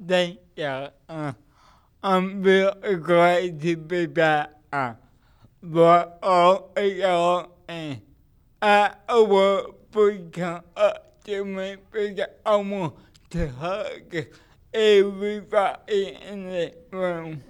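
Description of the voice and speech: An adult man with cerebral palsy speaks in a fairly high-pitched voice, slowly, in short, choppy bursts separated by frequent long pauses, with imprecise, distorted consonants and drawn-out vowels. This accented speech pattern fits dysarthria from cerebral palsy. A small room echo is audible.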